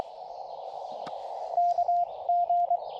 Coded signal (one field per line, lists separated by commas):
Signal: Morse code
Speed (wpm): 23 wpm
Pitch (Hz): 700 Hz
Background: radio noise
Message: KG